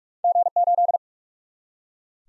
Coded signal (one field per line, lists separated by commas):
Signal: Morse code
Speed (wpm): 46 wpm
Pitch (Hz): 700 Hz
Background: none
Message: G8